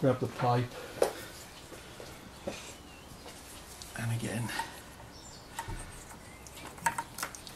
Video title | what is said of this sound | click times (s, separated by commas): Fitting Ford Oil/Air Separator To UK Mustang GT | should hear them click home nicely that's it and | 6.9 s